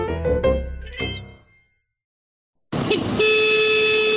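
A police vehicle horn honks in two loud bursts: a short, buzzy blast that fades out, a second of silence, then a longer steady blare whose pitch steps up partway through; police sound it at night to stop people riding beach buggies on sand in a national park.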